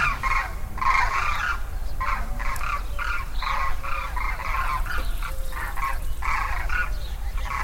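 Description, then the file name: Demoiselle crane calling: hoarse trumpeting croaks in short bursts with brief gaps, over a constant low-pitched rumble. "Grus virgo - Demoiselle Crane"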